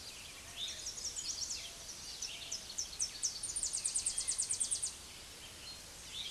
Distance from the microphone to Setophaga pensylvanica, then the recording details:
about 55 m. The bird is about 10 m above the microphone. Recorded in a Pennsylvania forest on 16 May 2024 at 06:27. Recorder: AudioMoth, point MSD-2345. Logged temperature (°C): 15.5 °C. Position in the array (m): 192 m, 214 m